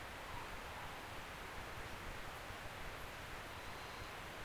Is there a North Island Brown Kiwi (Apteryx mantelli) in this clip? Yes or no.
no